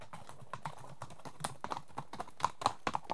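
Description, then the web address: Horse hoof strikes, sharp irregular knocks and clops, a few louder ones toward the end, with a low rumble underneath. Two horses walking past a trough. "BBC Sound Effects Library BBC 37-Horses. Two horses walk past on trough"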